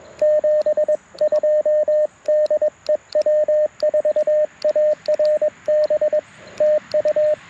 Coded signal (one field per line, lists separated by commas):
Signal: Morse code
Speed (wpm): 22 wpm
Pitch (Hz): 590 Hz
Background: radio noise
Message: 72 DE W4ARB TU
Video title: QRP CW with ATU-10 and PackTenna Random Wire - POTA 8/24/23 @ K-4451